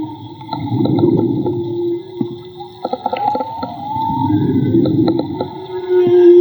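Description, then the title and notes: Whale song heard underwater: moaning tonal units around a low droning band, swelling and fading in long phrases, with faint higher whistled strands and clicking bursts. Whale song recorded underwater with a handmade Magma hydrophone during marine soundscape field recording in the Gulf of Tribugá. "CANTO DE BALLENAS CON UN HIDROFONO MAGMA. Limpeza de sonido: Santiago Minotas. Construcción de Hidrofonos y grabación de Campo Jorge Barco. registro del canto de las ballenas. Radio Juntanza"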